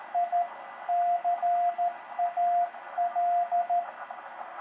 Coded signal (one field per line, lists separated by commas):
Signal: Morse code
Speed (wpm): 13 wpm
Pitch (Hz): 700 Hz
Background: radio noise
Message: ICAL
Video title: Portable QSO - Begali Traveler CW Paddle- Bioenno Battery 100W